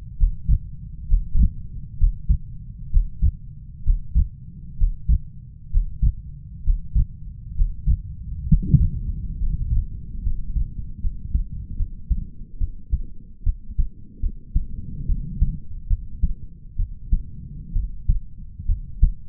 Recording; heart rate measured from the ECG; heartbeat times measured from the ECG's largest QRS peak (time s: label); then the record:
heart sounds by stethoscope; 68 bpm
0.16 s: heartbeat
1.06 s: heartbeat
1.97 s: heartbeat
2.90 s: heartbeat
3.83 s: heartbeat
4.76 s: heartbeat
5.70 s: heartbeat
6.63 s: heartbeat
7.54 s: heartbeat
8.47 s: heartbeat
9.38 s: heartbeat
10.22 s: heartbeat
11.00 s: heartbeat
11.76 s: heartbeat
12.58 s: heartbeat
13.43 s: heartbeat
14.20 s: heartbeat
15.06 s: heartbeat
15.87 s: heartbeat
16.77 s: heartbeat
17.73 s: heartbeat
18.66 s: heartbeat
From the record:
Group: healthy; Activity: breath hold 0-11 s, rest 11-19 s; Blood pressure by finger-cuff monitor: 93/73 mmHg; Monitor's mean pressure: 79 mmHg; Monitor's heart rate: 66 bpm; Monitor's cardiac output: 4.5 L/min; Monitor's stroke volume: 68 mL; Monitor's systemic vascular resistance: 1250 dyn s/cm5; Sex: male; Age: 20 years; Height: 187 cm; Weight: 68.9 kg